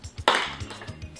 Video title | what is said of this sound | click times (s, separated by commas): Camera Holster/ Strap : SpiderHolster Spiderpro | it just locks into place and hangs just like that. | 0.3 s